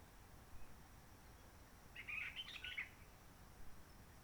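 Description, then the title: Réunion bulbul delivering one brief tumbling phrase of scratchy whistled notes, with low steady background noise around it. Roche Merveilleuse forest, Réunion; quiet since 19 March 2020 lockdown, no visitors, microlights or helicopters; sunny; birds not very active; sings simpler short phrases, adapted to past air-tourism noise. "Roche Merveilleuse, Réunion - Merle de lîle de la Réunion."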